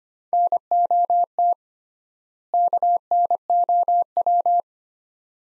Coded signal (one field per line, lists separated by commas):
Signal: Morse code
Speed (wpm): 25 wpm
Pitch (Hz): 700 Hz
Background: none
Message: NOT KNOW